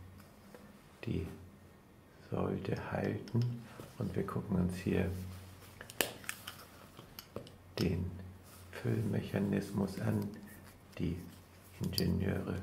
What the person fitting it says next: Sie hören den leichten Knack.